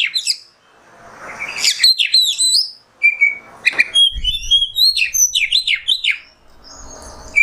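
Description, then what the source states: Oriental magpie-robin song: rich, rapid sequence of rising and falling whistles, sharp chips and warbled trills, with brief pauses. Indonesian masteran (tutor recording) of kacer, the oriental magpie-robin, singing in the 'nembak' song style.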